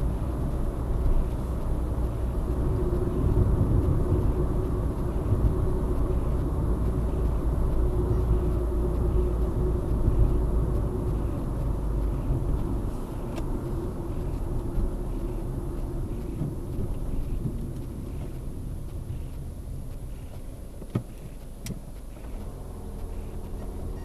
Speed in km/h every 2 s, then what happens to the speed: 67, 69, 64, 62, 60, 55, 47, 38, 30, 17, 4, 5.
3-20 brakes to 4.